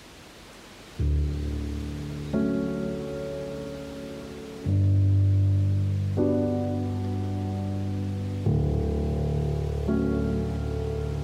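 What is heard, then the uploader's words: Low, sustained piano chords change about every one to two seconds, each new chord struck at about 1, 2.3, 4.7, 6.2, 8.5 and 10 seconds and left to ring. A soft, steady hiss of wind and rustling leaves runs underneath throughout. Calming sounds of piano, rustling leaves, and fall wind.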